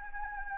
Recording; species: mosquito wingbeat signal from an infrared sensor; Anopheles gambiae